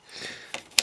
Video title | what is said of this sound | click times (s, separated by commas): How to Modify a Nerf Eliminator | and then this locks into place with the shell | 0.8 s